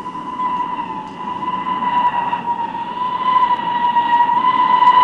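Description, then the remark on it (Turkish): A train pulls into a station with a steady, high metallic whine, like brakes or a sustained horn tone, that holds its pitch and grows gradually louder over a low rumble. No one speaks. “İşte tren geliyor.”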